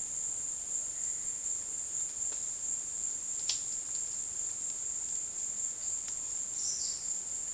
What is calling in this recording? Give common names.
none